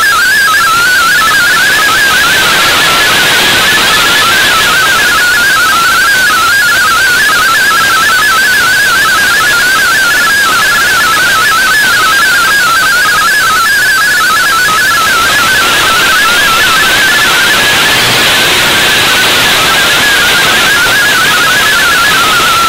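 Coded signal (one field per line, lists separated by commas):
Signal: multi-tone FSK (Olivia or MFSK type)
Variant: MFSK32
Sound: rapid warbling tone jumping between many close pitches, continuous over shortwave hiss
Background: radio static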